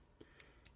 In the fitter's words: you know clipped together and everything